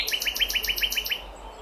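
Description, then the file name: Common nightingale song phrase: a quick series of several identical sharp notes, evenly spaced. "Luscinia megarhynchos"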